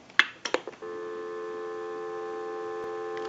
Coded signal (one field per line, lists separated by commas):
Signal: telephone call progress tone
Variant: North America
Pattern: dial tone